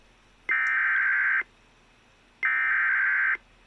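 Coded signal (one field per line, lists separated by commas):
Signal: Emergency Alert System (SAME) tones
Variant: header bursts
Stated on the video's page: SAME tones of a Severe Thunderstorm Warning from the National Weather Service in Austin/San Antonio.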